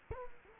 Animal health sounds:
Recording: mosquito wingbeat signal from an infrared sensor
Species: Culex quinquefasciatus

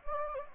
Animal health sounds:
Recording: mosquito wingbeat signal from an infrared sensor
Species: Anopheles gambiae

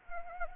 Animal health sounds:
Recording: mosquito wingbeat signal from an infrared sensor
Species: Anopheles arabiensis

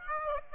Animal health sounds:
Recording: mosquito wingbeat signal from an infrared sensor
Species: Aedes aegypti

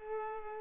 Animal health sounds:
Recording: mosquito wingbeat signal from an infrared sensor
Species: Culex pipiens

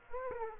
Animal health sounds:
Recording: mosquito wingbeat signal from an infrared sensor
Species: Aedes aegypti

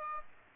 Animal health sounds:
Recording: mosquito wingbeat signal from an infrared sensor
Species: Aedes aegypti

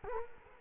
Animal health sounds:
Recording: mosquito wingbeat signal from an infrared sensor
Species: Culex quinquefasciatus

